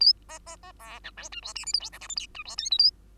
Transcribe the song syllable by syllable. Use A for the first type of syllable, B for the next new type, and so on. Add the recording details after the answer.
A B B B C D E F G H I J K L M N O F G P Q A. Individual Bird2